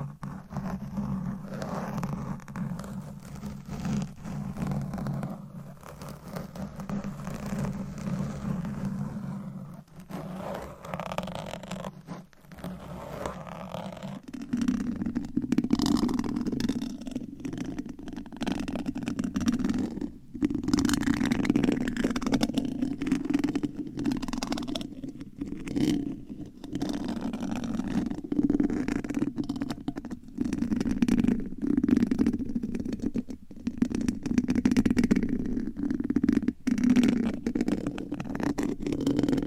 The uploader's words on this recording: ASMR for ADHD Changing Triggers Every 30 Seconds Scratching , Tapping , Massage & More (No Talking).